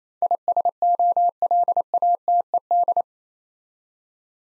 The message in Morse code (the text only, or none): ISOLATED